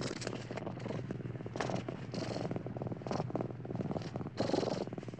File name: Murkaet koshka